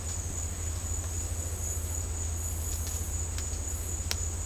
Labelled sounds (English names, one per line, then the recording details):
none
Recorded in dense forest near Puerto Asís, Putumayo, Colombia, on 21 December 2024 at 11:30
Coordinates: 0.466, -76.327
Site G075